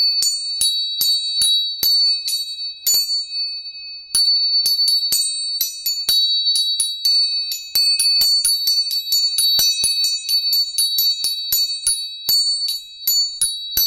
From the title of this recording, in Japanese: 音叉チューニング3本